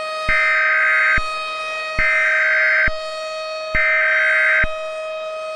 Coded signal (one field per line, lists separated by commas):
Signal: Emergency Alert System (SAME) tones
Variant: header bursts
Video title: TORNADO - a mini series EAS scenario [NON CANON]